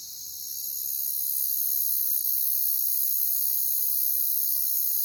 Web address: Pre-Uni Library Natures Songs Nature Sounds The Natural Sounds of the Wilderness 10 CDs collection Echoes of Nature - Jungle Talk Crickets